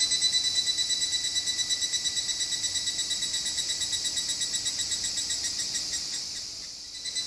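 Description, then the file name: Cicada buzzing: a high, harsh drone pulsing rapidly and evenly. "cigarra"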